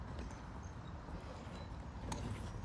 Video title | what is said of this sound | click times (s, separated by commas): Mazda3 Speaker Upgrade - Hertz X165 - Free Mounting Brackets & Wiring Harness | Okay, you got to hear the click when you press those wires in. | 2.1 s